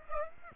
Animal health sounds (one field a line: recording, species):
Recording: mosquito wingbeat signal from an infrared sensor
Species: Aedes aegypti